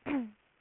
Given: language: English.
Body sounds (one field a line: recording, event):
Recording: throat vibration sensor signal played as sound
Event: throat clearing